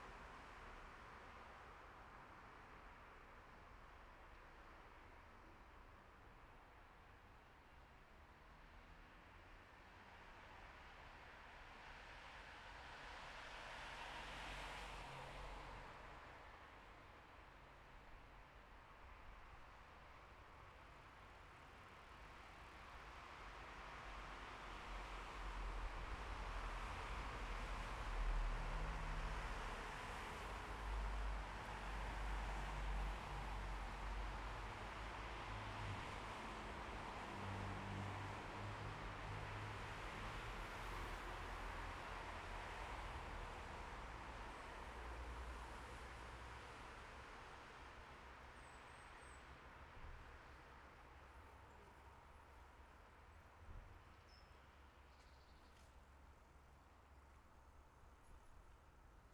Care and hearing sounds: everyday scene through a hearing-aid microphone; in traffic; traffic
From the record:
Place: bus stop on a city main road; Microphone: behind the ear, left, rear

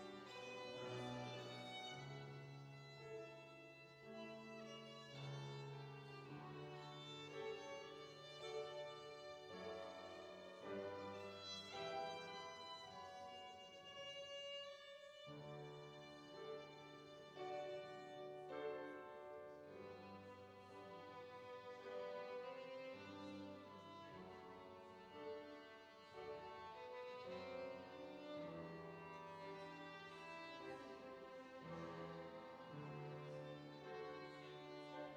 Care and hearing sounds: everyday scene through a hearing-aid microphone; reverberant space; music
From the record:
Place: church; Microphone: in the ear canal, right

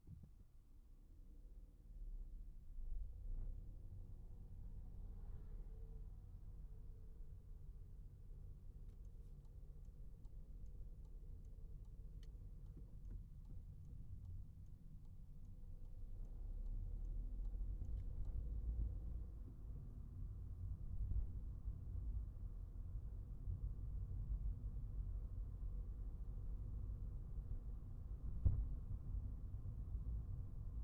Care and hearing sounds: everyday scene through a hearing-aid microphone; in a vehicle; engine, highway traffic jam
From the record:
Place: Skoda Fabia, gasoline engine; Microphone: behind the ear, right, rear

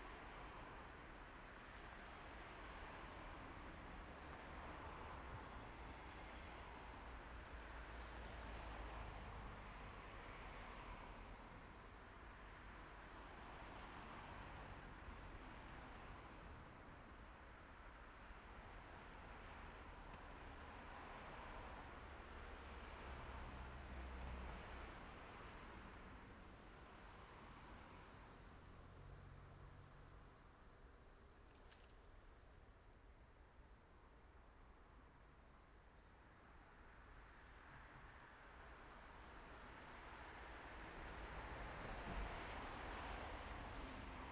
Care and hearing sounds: everyday scene through a hearing-aid microphone; in traffic; traffic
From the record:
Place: main road on the outskirts, rush hour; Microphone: behind the ear, left, front

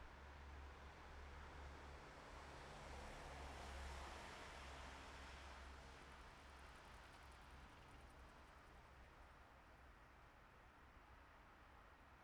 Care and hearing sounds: everyday scene through a hearing-aid microphone; in traffic; traffic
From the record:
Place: bus stop on a city main road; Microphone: behind the ear, left, rear

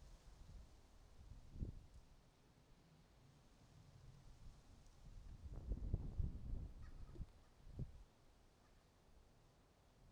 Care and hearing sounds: everyday scene through a hearing-aid microphone; wind on the microphone; wind, traffic, birds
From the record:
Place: suburban garden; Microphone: in the ear canal, right

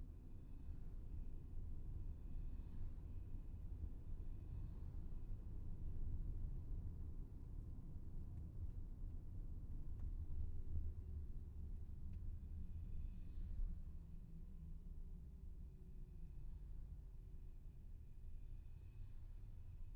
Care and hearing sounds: everyday scene through a hearing-aid microphone; in a vehicle; engine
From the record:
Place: VW T5 Caravelle, diesel engine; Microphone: behind the ear, left, front

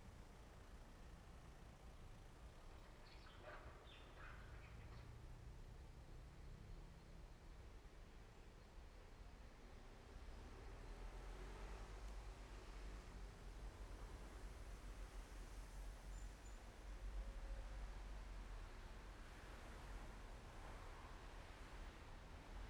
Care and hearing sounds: everyday scene through a hearing-aid microphone; in traffic; traffic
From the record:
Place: main road on the outskirts, rush hour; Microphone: behind the ear, left, rear

